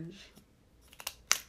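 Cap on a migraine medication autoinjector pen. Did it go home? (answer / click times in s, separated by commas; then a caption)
released / 1.3 s. Someone talks as the cap is pulled off a prefilled Aimovig migraine medication autoinjector pen made of plastic and rubber. A few faint ticks around 0.9 to 1.1 s build to a sharp pop at 1.3 s as the cap comes free.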